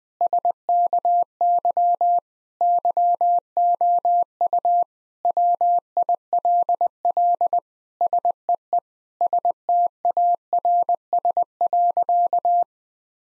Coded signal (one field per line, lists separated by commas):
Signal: Morse code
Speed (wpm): 21 wpm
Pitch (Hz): 700 Hz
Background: none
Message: SKY YOU WILL SEE STARS.